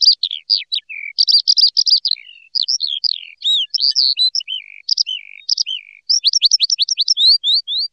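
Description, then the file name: Eurasian skylark singing a fast, tumbling medley of sharp chirps and rolling trills, ending in a run of quick repeated upslurred notes, against a clean silent background. "ALLODOLA"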